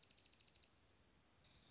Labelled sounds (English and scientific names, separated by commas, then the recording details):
Dark-eyed Junco (Junco hyemalis)
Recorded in Sonoma County, California